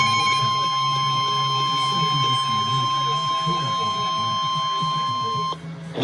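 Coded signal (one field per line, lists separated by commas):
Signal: Emergency Alert System (SAME) tones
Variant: 1050 Hz attention tone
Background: speech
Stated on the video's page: Severe thunderstorm warning from weather radio station KEC60, Milwaukee, WI.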